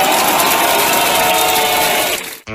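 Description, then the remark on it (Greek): A crowd in Volos applauds and cheers their mayor after his speech about the coming elections, in a loud, dense, steady roar of clapping and shouting that stops abruptly just before the end, giving way to a brief buzzing tone. “τα χειροκροτήματα, ουρλιαχτά, χάρηκαν πάρα πολύ που ο δήμαρχός τους μίλησε με αυτόν τον τρόπο και περιέγραψε ακριβώς τι πρόκειται να γίνει.”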